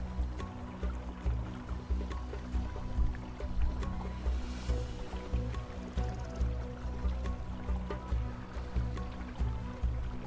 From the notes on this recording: distant music w/ river sounds